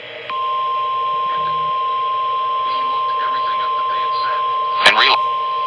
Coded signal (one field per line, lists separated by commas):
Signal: Emergency Alert System (SAME) tones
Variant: 1050 Hz attention tone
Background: speech